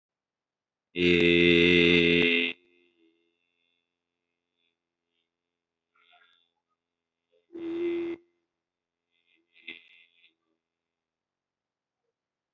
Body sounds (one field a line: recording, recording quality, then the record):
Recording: sustained vowel as in made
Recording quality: moderate, slight background noise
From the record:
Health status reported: recovered from COVID-19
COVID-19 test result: negative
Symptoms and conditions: none ticked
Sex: male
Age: 23 years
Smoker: not ticked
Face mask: not worn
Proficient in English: yes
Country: India